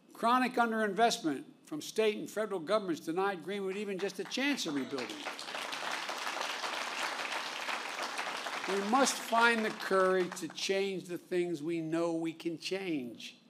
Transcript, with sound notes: Chronic underinvestment from state and federal governments denied Greenwood even just a chance at rebuilding. (Applause.) We must find the courage to change the things we know we can change.